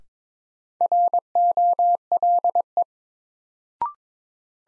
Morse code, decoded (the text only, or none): ROLE